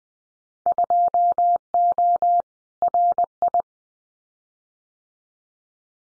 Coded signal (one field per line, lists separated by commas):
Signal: Morse code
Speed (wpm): 20 wpm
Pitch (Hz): 700 Hz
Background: none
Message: 2O RI